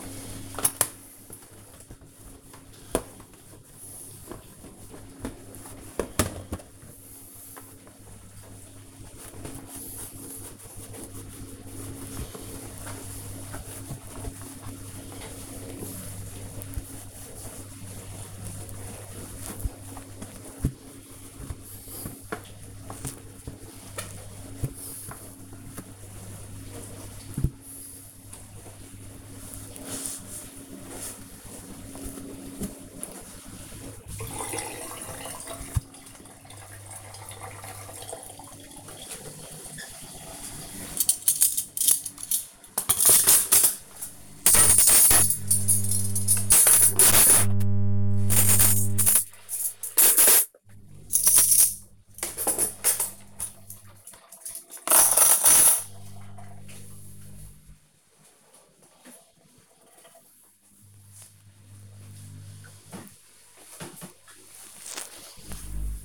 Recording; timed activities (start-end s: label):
household activities, microphone on the right wrist
0.00-66.05 s: cleaning the cupboard
0.00-66.05 s: kitchen